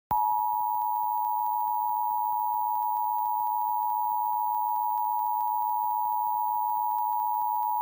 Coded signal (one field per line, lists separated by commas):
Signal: Emergency Alert System (SAME) tones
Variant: 853 and 960 Hz attention tone